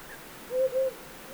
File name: Himalayan Wood Owl 120702 China Hunan Hu Ping Shan